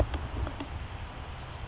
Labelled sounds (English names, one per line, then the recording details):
California Towhee
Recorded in Sonoma County, California